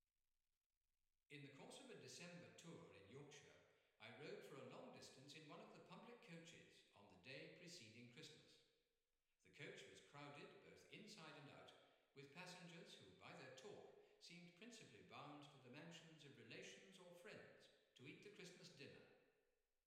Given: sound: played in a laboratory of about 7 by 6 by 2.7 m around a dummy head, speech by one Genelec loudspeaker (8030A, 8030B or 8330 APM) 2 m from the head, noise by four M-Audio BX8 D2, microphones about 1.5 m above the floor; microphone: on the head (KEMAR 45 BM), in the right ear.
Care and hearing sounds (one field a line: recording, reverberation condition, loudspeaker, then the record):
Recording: male speech in English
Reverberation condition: high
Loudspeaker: 30 degrees to the right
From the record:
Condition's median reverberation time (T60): about 1300 ms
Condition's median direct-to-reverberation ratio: about -4.0 dB